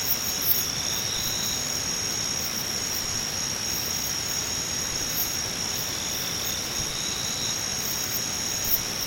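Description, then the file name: Singing insects sustain a high, unbroken trilling chorus, pulsed ticking on top and a few brief louder notes. "nakumushi"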